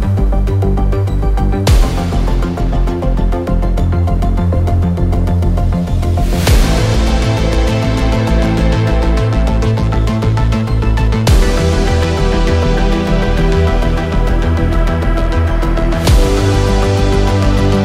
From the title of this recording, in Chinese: 史詩音樂配合風雪的聲音